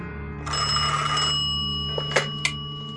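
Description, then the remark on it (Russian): A telephone rings with a strange call in Andrey Kravets's apartment: one harsh, rattling burst that fades into a lingering metallic hum, followed by two short sharp clicks. No one speaks. “Со временем буря затихла, но в квартире Андрея Кравца время от времени стали раздаваться странные телефонные звонки.”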